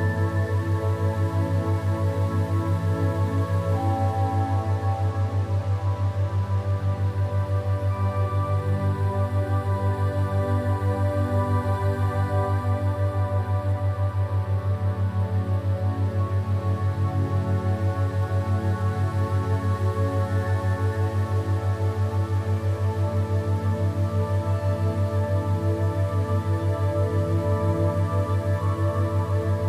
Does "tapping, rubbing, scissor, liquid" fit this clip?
no